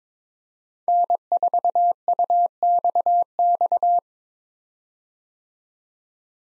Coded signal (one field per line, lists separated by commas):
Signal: Morse code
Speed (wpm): 21 wpm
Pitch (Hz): 700 Hz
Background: none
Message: N4UXX